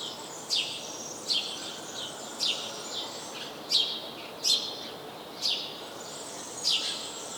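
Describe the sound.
House sparrow chirps, sharp descending notes repeated roughly once a second, seven in a row over a steady hiss of background noise.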